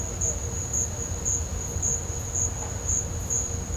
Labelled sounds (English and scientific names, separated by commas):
none